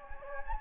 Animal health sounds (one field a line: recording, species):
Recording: mosquito wingbeat signal from an infrared sensor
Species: Anopheles gambiae